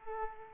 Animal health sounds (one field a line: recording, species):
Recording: mosquito wingbeat signal from an infrared sensor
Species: Aedes aegypti